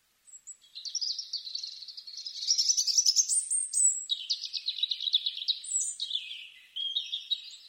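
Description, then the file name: European robin song: a varied, high, sweet warbling phrase of thin whistles and rapid twitters, shifting pitch and rising to shrill notes mid-phrase before tumbling lower. "Erithacus rubecula"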